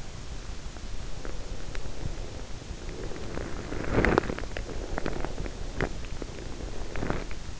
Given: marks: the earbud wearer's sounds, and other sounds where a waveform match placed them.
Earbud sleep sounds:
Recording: sounds in sleep by an in-ear microphone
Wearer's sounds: breath, body movement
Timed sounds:
0.98-4.36 s: breath
3.06-7.60 s: body movement
5.40-7.60 s: breath

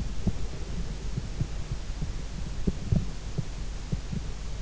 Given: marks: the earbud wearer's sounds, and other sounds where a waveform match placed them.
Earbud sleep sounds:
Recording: sounds in sleep by an in-ear microphone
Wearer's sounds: breath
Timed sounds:
0.00-3.77 s: breath

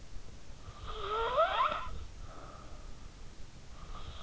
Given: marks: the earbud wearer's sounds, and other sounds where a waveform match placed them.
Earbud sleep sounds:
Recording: sounds in sleep by an in-ear microphone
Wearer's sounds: snoring breath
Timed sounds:
0.79-3.16 s: snoring breath

